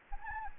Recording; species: mosquito wingbeat signal from an infrared sensor; Anopheles arabiensis